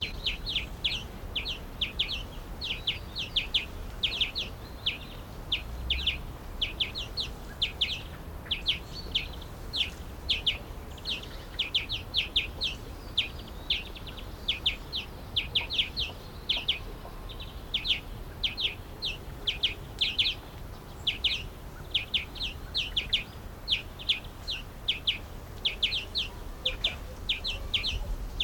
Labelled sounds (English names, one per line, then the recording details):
European Greenfinch
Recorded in the wild
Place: Eutin, Holsteinische Schweiz, Schleswig-Holstein, DE
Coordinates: 54.132, 10.614
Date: 1992-09-24 10:34
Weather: sonnig, 14°C
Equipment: Marantz CP 430, Sennheiser ME 80, Kopie Tesla B 116
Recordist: Tembrock, Günter